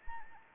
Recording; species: mosquito wingbeat signal from an infrared sensor; Anopheles arabiensis